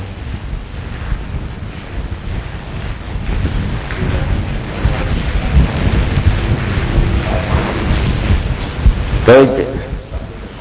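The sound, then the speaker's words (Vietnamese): Heavy rain pours down in a steady, dense roar, with deep rumbling thunder and gusty wind noise underneath, and a brief sharper burst near the end. “chạy chậm chậm thì được, chứ còn nếu mà ở lại chờ hết mưa tối á, không cũng bò từ từ đi chứ đâu phải dừng lại đi.”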